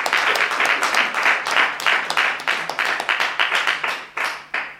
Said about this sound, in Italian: Spero che puoi sentire l'applausi, c'è stata una sala che ti ha applaudito tantissimo